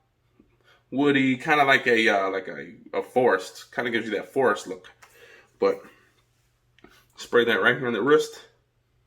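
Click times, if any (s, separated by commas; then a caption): none. A sprayer head on a fragrance bottle is being turned toward its locked spraying position while someone talks throughout, with faint short ticks around 6.8 s. The sprayer has not yet locked into place by the end of the clip, and nothing has seated or clicked yet.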